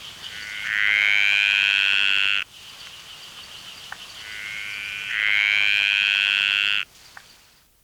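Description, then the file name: Graceful tree frog giving two long, harsh, buzzy calls, each about two seconds and rising slightly in pitch, separated by a pause of roughly three seconds. "Litoria gracilenta"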